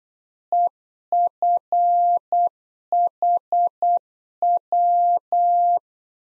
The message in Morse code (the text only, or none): EFHW